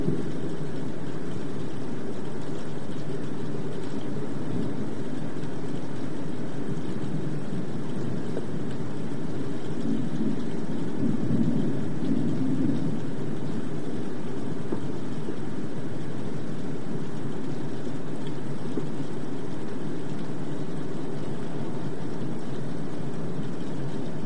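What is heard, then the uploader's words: Rain patters steadily on glass, a dense, even wash that barely changes over the whole stretch. A deep, continuous rumble sits underneath, distant and muffled, swelling slightly around the middle before settling back to the same level. Urban Greenhouse Thunderstorm. Rain on Glass. The rhythmic sound of raindrops on the glass and the distant rumble of thunder.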